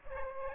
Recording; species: mosquito wingbeat signal from an infrared sensor; Aedes aegypti